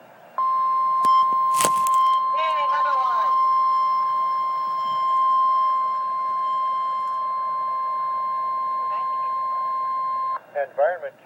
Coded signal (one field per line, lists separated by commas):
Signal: Emergency Alert System (SAME) tones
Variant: 1050 Hz attention tone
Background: speech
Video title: REAL EAS 967,968-